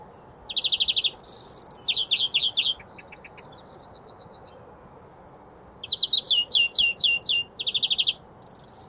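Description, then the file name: European greenfinch twittering: varied chips, short trills and buzzy notes in quick sequences, broken by a pause of a few seconds. "Chloris chloris"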